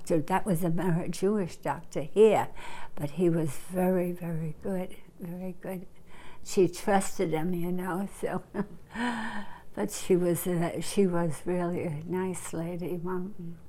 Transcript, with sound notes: That was Ameri--, a Jewish doctor here but he was very, very good, very good. She trusted him, you know, so (she laughs) but she was a, she was really a nice lady, Mom.